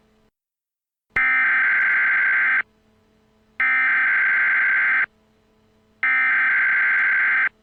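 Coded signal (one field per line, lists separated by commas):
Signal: Emergency Alert System (SAME) tones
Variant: header bursts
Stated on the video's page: Recreation of an Emergency Alert System tornado warning broadcast.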